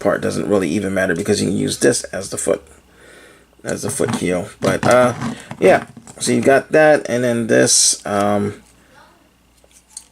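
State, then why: Seated. Someone talks while turning a plastic leg part of a Power of the Primes Sludge transforming robot toy into position during its transformation. The part clicks into place at 9.9 s, with a short sharp tick, followed by another faint tick just after.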